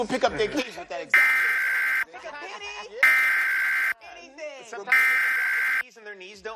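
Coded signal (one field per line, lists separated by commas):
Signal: Emergency Alert System (SAME) tones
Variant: header bursts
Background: speech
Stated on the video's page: Pennsylvania Required Monthly Test received as a real broadcast.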